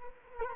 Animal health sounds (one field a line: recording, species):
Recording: mosquito wingbeat signal from an infrared sensor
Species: Culex quinquefasciatus